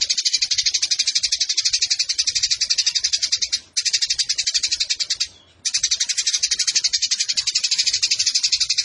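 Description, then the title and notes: Eurasian tree sparrow delivering a steady stream of fast, scratchy, high-pitched pulses, interrupted by two short gaps. Indonesian burung gereja; fighting (tarung) sparrow giving long 'nembak' bursts with a clear voice, used as a master recording for training competition birds. "GEREJA TARUNG NEMBAK PANJANG SUARA JERNIH MASTERAN WAJIB BURUNG LOMBA. Burung Gereja"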